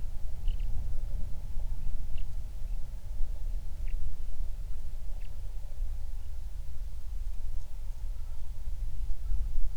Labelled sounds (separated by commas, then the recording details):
songbird, wind
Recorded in the Prudhoe Bay oil fields, Alaska, on 31 July 2019 at 08:03
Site 24